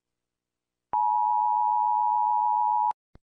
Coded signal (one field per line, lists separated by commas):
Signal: Emergency Alert System (SAME) tones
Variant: 853 and 960 Hz attention tone